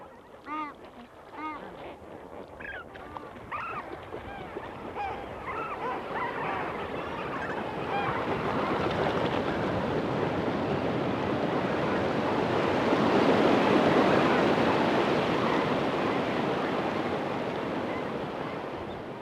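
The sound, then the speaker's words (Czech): A flock of flamingos on a lake honks and calls in overlapping goose-like bursts as a hyena jumps in and wades toward them, then the cries give way to a swelling, steady rush of splashing water and beating wings as the birds scatter. “Vhopsá do jezera, brodí se směrem k tomu květinovému záhonu a dopřává si vybraný raní žert. Plaší plameňáky.”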